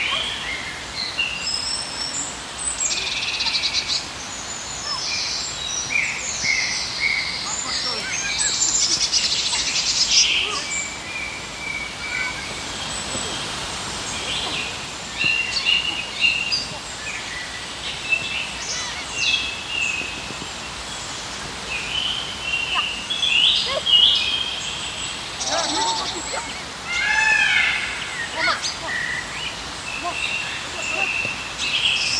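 Birds chirp and sing almost without pause in the park, their bright, quick calls overlapping in a dense chorus high in pitch. A soft, steady hum sits underneath, and faint voices come through now and then, with a brief whooshing swell around the middle.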